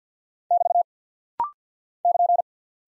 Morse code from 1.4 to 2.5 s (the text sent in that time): <KN>